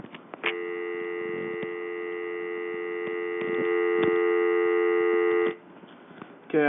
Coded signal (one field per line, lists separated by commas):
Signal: telephone call progress tone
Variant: North America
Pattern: dial tone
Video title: Review of a modern ATT corded trim line phone, With test run.